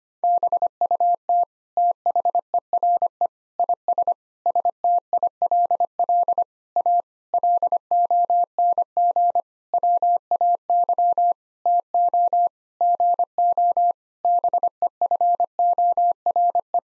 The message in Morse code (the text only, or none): BUT THERE IS STILL A LONG WAY TO GO BEFORE